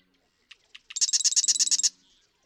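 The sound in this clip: Marsh Wren giving a single song: two dry ticking notes, then a fast, even rattle of about a dozen bright notes that stops abruptly.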